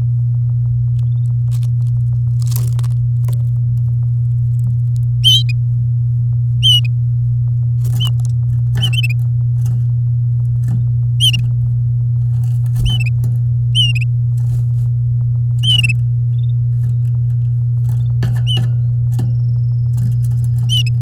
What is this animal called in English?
Domestic Canary